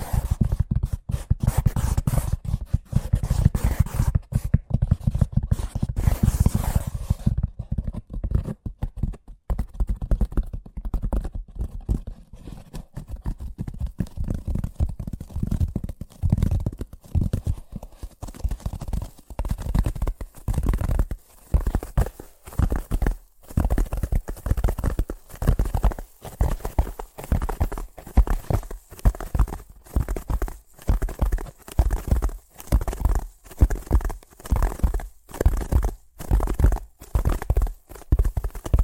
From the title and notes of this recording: ASMR Braingasm Inducing Fast Tapping (No Talking).